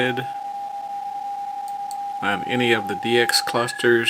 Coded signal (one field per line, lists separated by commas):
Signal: PSK31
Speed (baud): 31.25 baud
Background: speech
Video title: PSK31 with the FTDX10 and FLDIGI 6-5 2026